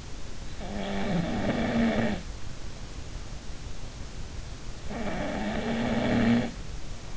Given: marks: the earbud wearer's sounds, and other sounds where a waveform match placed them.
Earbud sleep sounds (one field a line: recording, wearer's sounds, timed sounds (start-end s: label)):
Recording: sounds in sleep by an in-ear microphone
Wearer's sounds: snoring breath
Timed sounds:
0.48-2.35 s: snoring breath
4.87-6.65 s: snoring breath